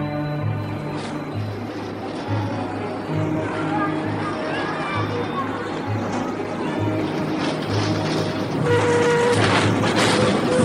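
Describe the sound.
A moving tram rumbles steadily along with low mechanical droning, rattling and squealing metallic tones, growing a little louder toward the end while indistinct voices murmur underneath, as a young man jumps in through its open door.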